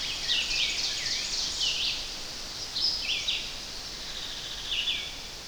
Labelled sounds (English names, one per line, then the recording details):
Red-eyed Vireo song
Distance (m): 20 m
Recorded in boreal forest in Alberta, Canada, on 10 June 2016 at 07:44
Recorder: SongMeter 3, array SBT-3-39
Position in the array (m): 195 m, 122 m